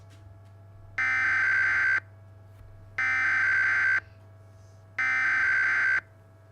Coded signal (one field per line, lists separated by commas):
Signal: Emergency Alert System (SAME) tones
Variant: header bursts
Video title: [EAS MOCK] TORNADO EMERGENCY FOR ILLINOIS AND INDIANA